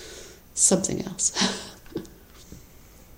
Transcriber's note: chuckles